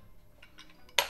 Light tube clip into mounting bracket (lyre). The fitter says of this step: ça Bira un peu mon Monot et donc en gros ça vient juste se clipser ici voilà